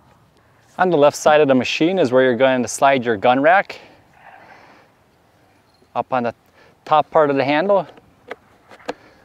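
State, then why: Seated. A plastic spray gun rack is slid onto the top part of the handle on the left side of a WHOLESUN electric pressure washer and pushed down until it locks. A man talks, then two sharp clicks are heard at 8.3 s and 8.9 s as the rack seats on the handle.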